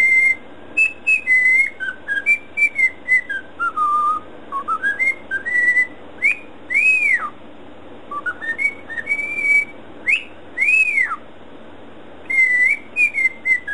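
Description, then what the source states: Cockatiel whistled tune: stepped rising and falling notes, then two high arched whistles, with the phrase starting again near the end. Cockatiel whistling (siulan).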